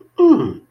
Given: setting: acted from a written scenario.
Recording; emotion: vocal sound without words; disgust